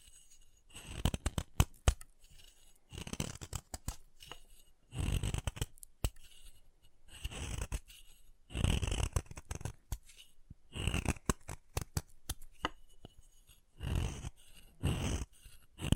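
Chalk being carved and cut in short bursts of scraping, each lasting about a second or two, separated by brief pauses. Sharp clicks and snaps punctuate the scraping, which has a dry, gritty hiss with a bright edge and some low rumble.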